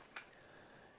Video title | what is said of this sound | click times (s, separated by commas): Fixing the Apple Magic Mouse Ergonomics - Solumics' Take | you just slide the mouse in and you push it down until it clicks this way you know it's in place | 0.2 s